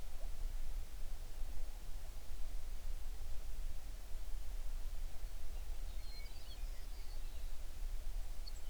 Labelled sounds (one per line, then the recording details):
songbird
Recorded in the Prudhoe Bay oil fields, Alaska, on 11 June 2019 at 05:41
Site 21